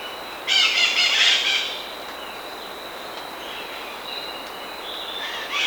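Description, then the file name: Bird call, a single harsh, buzzy rasping burst of about a second, then quiet hiss with a thin high tone, and another call starting at the end. "SABIOD 50 bird 2015"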